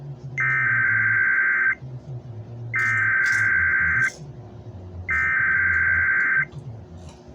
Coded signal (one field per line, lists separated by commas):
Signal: Emergency Alert System (SAME) tones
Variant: header bursts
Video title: Ef6 eas scenario YouTube movie night